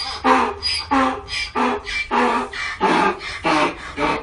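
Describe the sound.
Donkey braying, harsh wheezy hee-haw pulses repeated in quick succession throughout.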